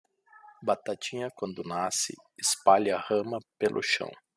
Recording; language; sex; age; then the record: short text; Brazilian Portuguese; male; 40 to 49 years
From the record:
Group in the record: control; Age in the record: 46 years